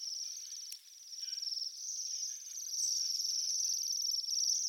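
Bohemian waxwings calling: a steady, high, shimmering buzzy trill, growing a little louder toward the end.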